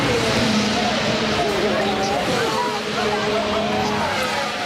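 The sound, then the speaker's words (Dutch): Race cars roar past in a continuous loud wash of engine noise, their high droning tones bending and sliding in pitch as they speed by, with faint voices mixed underneath. “Daar kwamen ze. En ze zagen de auto's dus.”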